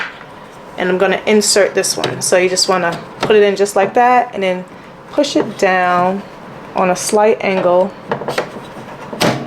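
A replacement ink/toner cartridge is inserted at a slight angle into an iColor 250 desktop label printer and pushed down into place while someone talks. Brief handling knocks come around 8.1–8.4 s, and a sharp click at 9.2 s marks the cartridge seating.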